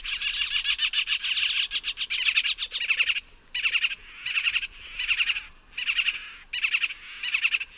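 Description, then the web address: Yellow-tufted woodpecker rattle calls: a long rapid chattering trill, then several short rattling bursts in a regular series. Eastern lowlands of South America. "ENTER Music and Audio. Nature Songs S America Eastern Lowlands. Yellow-tufted Woodpecker"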